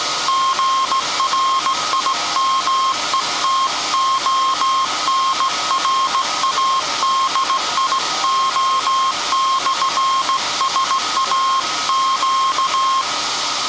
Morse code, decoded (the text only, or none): GRIMETON RADIO/SAQ